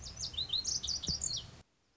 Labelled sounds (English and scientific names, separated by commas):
Lazuli Bunting (Passerina amoena)